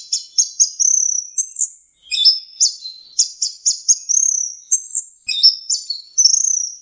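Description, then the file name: Orange-headed thrush song: quick bursts of bright, high whistles and short trills delivered one after another with barely any pause, clean and free of other sounds. Masteran training recording of the song. "suara masteran anis merah"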